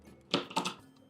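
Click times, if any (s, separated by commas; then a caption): 0.3 s. A toggle anchor is pushed through a reamed hole in drywall, to repair loose wall-mounted bathroom hardware, until its toggle passes to the other side and snaps open with a sharp click at 0.3 s. A few quieter clicks and rattles follow between about 0.5 and 0.7 s. The anchor is seated, open behind the wall.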